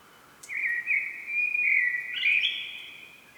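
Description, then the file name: Common blackbird song: one long, rich, fluted phrase that wavers and steps upward near its end, over faint steady background hiss. "Turdus merula"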